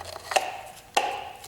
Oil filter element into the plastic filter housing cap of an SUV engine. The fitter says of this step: hear that little pop you know you're good and then make sure you thread